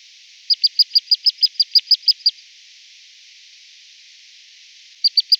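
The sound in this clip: Montagu's harrier chattering call: a quick run of about a dozen sharp, high, evenly spaced notes, a pause, then three more notes.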